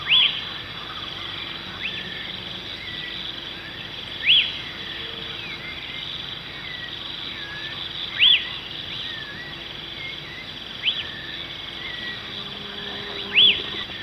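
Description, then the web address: Lesser elaenia calls: short, sharp notes that sweep up then drop, given singly about every two and a half to four seconds over a steady, high insect drone. Ecuador. "Birds of Ecuador. Lesser Elaenia"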